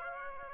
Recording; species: mosquito wingbeat signal from an infrared sensor; Aedes aegypti